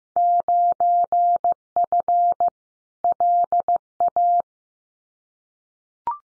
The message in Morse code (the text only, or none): 9F LA